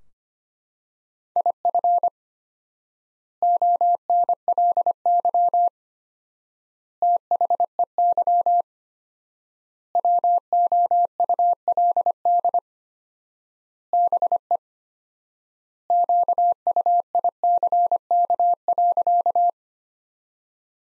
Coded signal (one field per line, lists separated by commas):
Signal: Morse code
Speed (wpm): 25 wpm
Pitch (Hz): 700 Hz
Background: none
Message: IF ONLY THEY WOULD BE QUICK.